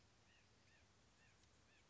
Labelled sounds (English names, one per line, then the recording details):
White-breasted Nuthatch
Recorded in Sonoma County, California